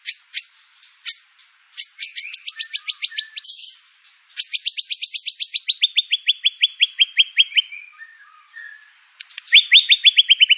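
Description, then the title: White-rumped shama singing long, steady, rapidly repeated chip trills that step down in pitch, with brief pauses and soft chatter between bursts. Lure and song-filling training material for cage birds. "PANCINGAN MURAI BATU. MURAI BATU FULL MATERI ISIAN"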